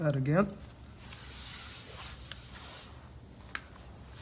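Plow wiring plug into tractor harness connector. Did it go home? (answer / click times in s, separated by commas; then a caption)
yes / 3.5 s. Someone talks briefly at the start while pushing a snow plow wiring harness plug into the mating connector on a Cub Cadet GT2542 tractor on the second try. After a quiet stretch with a faint tick near 2.3 seconds, a sharp, bright click at 3.6 seconds confirms the plug is seated.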